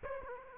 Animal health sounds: mosquito wingbeat signal from an infrared sensor; Aedes aegypti

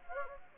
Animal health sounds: mosquito wingbeat signal from an infrared sensor; Anopheles gambiae

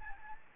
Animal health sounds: mosquito wingbeat signal from an infrared sensor; Aedes albopictus

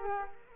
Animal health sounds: mosquito wingbeat signal from an infrared sensor; Culex quinquefasciatus

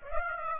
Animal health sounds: mosquito wingbeat signal from an infrared sensor; Aedes aegypti

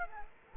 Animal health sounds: mosquito wingbeat signal from an infrared sensor; Aedes aegypti

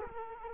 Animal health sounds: mosquito wingbeat signal from an infrared sensor; Culex quinquefasciatus

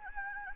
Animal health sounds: mosquito wingbeat signal from an infrared sensor; Anopheles gambiae

